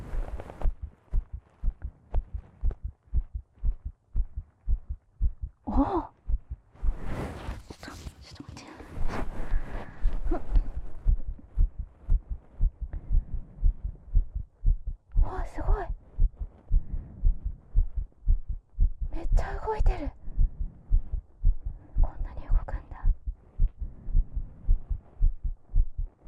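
An adult's heart heard through a Neumann microphone pressed against the chest after about 15 squats: a fast, knocking heartbeat, markedly faster than at rest.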